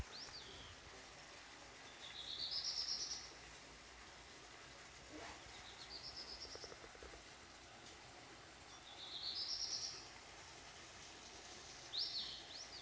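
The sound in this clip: Black redstart giving high scratchy call phrases every few seconds over steady background hiss.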